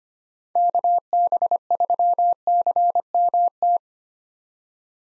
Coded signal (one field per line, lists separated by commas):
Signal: Morse code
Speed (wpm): 25 wpm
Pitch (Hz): 700 Hz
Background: none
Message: KB3CMT